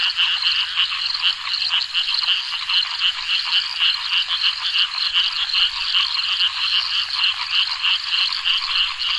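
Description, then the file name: Frogs and toads: a steady train of bright pulsed calls over a dense, unbroken chorus of insects. Frogs and toads with many insects at a reservoir at night in subtropical Australia. "animals frogs toads many insects reservoir night subtropical australia"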